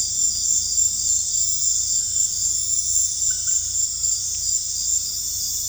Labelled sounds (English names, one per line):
none